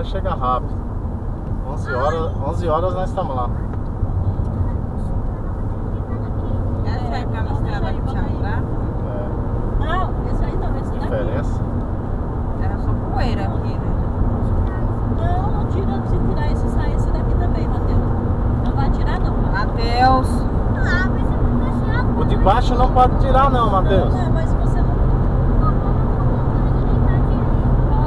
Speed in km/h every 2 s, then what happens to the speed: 99, 100, 101, 110, 117, 122, 126, 131, 139, 143, 146, 147, 150, 149.
4-28 speeds up to 149.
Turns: none.